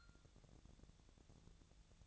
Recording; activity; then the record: daily activity, microphone in the room; take from stove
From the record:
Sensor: 3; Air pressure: 999.2 hPa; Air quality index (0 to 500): 197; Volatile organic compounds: 44 ppm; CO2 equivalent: 3213 ppm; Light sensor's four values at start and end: 7/17/7/7 and 7/17/7/6